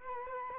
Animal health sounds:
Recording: mosquito wingbeat signal from an infrared sensor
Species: Culex quinquefasciatus

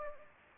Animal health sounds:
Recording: mosquito wingbeat signal from an infrared sensor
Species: Anopheles gambiae

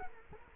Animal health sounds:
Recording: mosquito wingbeat signal from an infrared sensor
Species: Culex quinquefasciatus

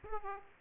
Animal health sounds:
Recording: mosquito wingbeat signal from an infrared sensor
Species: Aedes aegypti

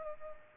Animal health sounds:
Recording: mosquito wingbeat signal from an infrared sensor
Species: Culex pipiens

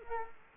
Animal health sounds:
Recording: mosquito wingbeat signal from an infrared sensor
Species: Culex quinquefasciatus

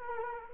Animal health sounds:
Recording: mosquito wingbeat signal from an infrared sensor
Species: Culex quinquefasciatus

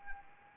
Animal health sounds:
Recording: mosquito wingbeat signal from an infrared sensor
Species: Anopheles arabiensis

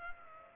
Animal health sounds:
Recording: mosquito wingbeat signal from an infrared sensor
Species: Culex pipiens

